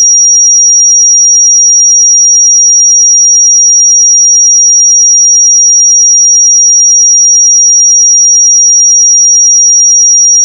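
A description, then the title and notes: A pure sine tone at 5703 Hz holds perfectly steady for the whole ten seconds, a single thin, piercing high pitch. Its loudness never changes, and there are no other sounds underneath it, only silence. 5703 Hz 1 Hz Interval Sine Pure Tone Frequency 441000 Sample Mono.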